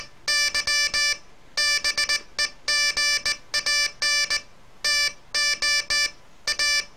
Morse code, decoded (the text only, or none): Y BEGAN TO A